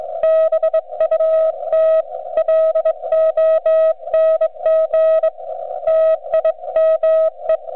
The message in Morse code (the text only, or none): BUT LONG TIME